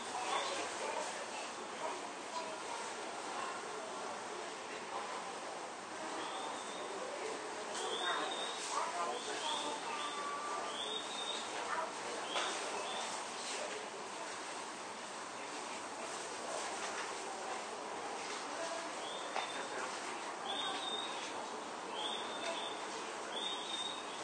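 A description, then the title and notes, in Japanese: A Keio 9000 series train running, with a steady, dense rushing noise that holds an even level for the whole stretch. Short, high chirping squeaks recur in small clusters from about 6 to 12 seconds and again from around 19 seconds to the end. 京王9000系 高尾山口〜つつじヶ丘。快速つつじヶ丘行を録音。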